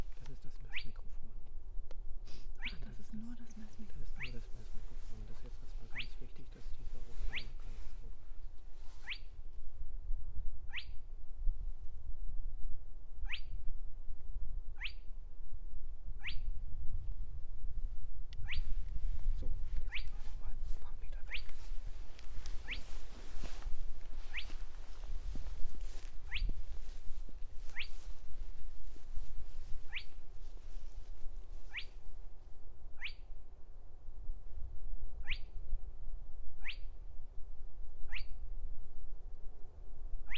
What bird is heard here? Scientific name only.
Porzana porzana